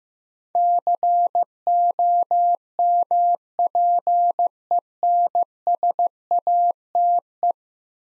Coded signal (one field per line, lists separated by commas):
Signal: Morse code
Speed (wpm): 15 wpm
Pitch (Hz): 700 Hz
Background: none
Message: COMPENSATE